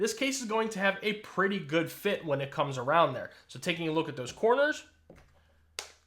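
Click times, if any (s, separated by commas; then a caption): 5.8 s. Someone talks while pressing the corners of a UAG Monarch Pro protective case, with TPU sides, onto a natural titanium iPhone 16 Pro Max one by one. After the talking, a sharp, solid click is heard at 5.8 s as a corner snaps on. The case corners are seated firmly on the phone.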